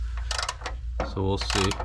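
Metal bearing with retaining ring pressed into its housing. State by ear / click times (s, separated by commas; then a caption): not seated / none. A new metal bearing with a retaining ring is pressed into its housing with a screw-type press tool and ratchet until it gets tight, with a series of sharp ratchet clicks and mechanical noise over a low hum. Someone talks briefly. The retaining ring has not clicked into place yet.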